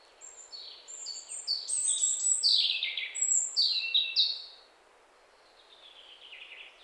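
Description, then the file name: European robin song of very high, thin, piercing notes and quick trills for about four seconds, then faint twittering. "Erithacus rubecula"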